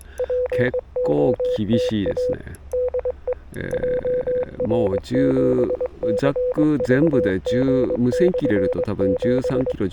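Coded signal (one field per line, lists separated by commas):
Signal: Morse code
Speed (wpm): 22 wpm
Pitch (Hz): 500 Hz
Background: speech, radio noise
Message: POTA DE JR7CVG/7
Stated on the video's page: CW POTA activation from Sanriku Fukko National Park on 40m and 30m, Yaesu FTX-1F at 5W, RHM12 antenna, BaMaKeY TP-III paddle.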